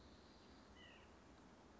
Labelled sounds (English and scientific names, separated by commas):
White-breasted Nuthatch (Sitta carolinensis)